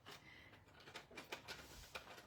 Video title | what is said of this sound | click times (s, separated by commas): Enjoy using Stampin' Up! Changing Leaves Hybrid Bundle. | it gets a bit wobbly. It doesn't click in place, so you know you've got it upside down then. | none